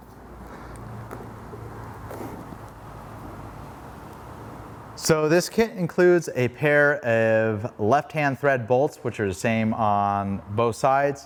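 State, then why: Seated. A small anodized aluminium finisher cap is pressed into the mirror hole plug on a Vespa scooter handlebar, snapping into place with a single sharp click at 1.1 s over a low background hum. From about 5 s, someone talks. The cap is seated.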